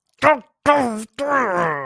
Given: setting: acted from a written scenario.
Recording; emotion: vocal sound without words; shame